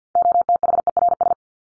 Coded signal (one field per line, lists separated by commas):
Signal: Morse code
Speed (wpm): 48 wpm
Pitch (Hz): 700 Hz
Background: none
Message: OTHERS